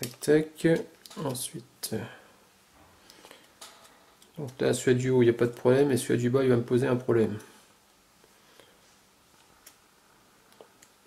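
Someone talks while handling the lower internal part of a Samsung G350 Core Plus phone as it is being fitted into the phone frame during reassembly. Soft taps and small handling clicks follow after the talking. Nothing has seated or clicked into place yet.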